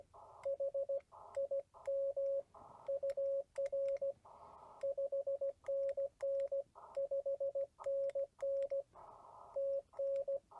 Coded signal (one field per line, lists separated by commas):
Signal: Morse code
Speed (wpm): 20 wpm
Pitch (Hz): 550 Hz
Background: radio noise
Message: H IM UR 5NN 5NN TN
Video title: CW Copy Practice and a meet up with KM4ZKB